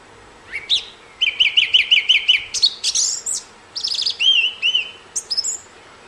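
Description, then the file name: Thrush song: a varied run of clear whistled phrases, including a fast string of repeated looping notes and bright ringing figures, delivered quickly. "طائر السمنة"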